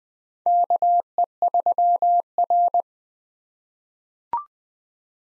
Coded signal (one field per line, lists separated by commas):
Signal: Morse code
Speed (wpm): 20 wpm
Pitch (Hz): 700 Hz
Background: none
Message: KE3R